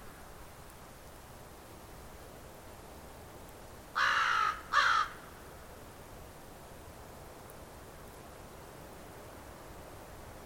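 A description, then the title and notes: An outdoor rural soundscape with a steady, quiet hiss of air and background. Around four seconds in, a crow gives two loud, harsh caws in quick succession, then the scene settles back to near silence. Long duration soundscape recordings made outdoors at my home, a rural property 22 KM west of the village of South River, Ontario, Canada. Seasonal changes between mid-winter and late-winter. This piece being located at the shoreline. The recording equipment for this piece used the same two DPA 4060 miniature omni-directional microphones separated by a boundary.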